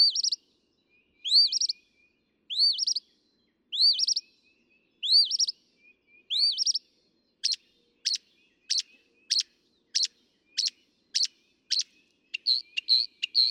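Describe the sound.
Northern mockingbird song: an arching whistled phrase repeated six times about every 1.2 seconds, then switching to a fast series of sharp clicking notes.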